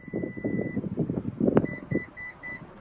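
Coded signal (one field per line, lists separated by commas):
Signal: beep code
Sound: long steady high beep, rumbling and a clunk, then four short high beeps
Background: vehicle mechanical rumble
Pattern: 1 long, 4 short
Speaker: then push and hold once you hear the four beeps you know the new position has been saved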